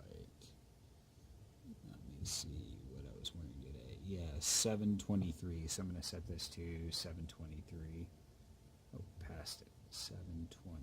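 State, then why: Seated. Someone talks while setting the time and date on a watch, then pushes the metal winding crown back into the watch case. A short, sharp, positive click at 10.5 s marks the crown seating in.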